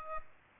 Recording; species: mosquito wingbeat signal from an infrared sensor; Aedes aegypti